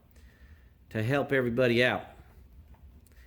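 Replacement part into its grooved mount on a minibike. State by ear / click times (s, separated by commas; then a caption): seated / 3.1 s. A replacement part is slipped into its grooved mount on a vintage Honda MR50 minibike, where a plastic or rubber piece replaces Honda's original design. Someone talks briefly, then a short, sharp click at 3.1 s marks the part snapping and locking into place.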